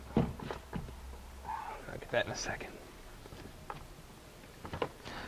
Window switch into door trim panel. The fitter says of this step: Oh, yeah. And our our window switch snaps back in place.